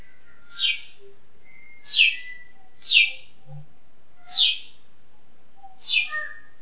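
Bulbul song: five short bright descending phrases, roughly every one to one and a half seconds, with faint low chirps between them.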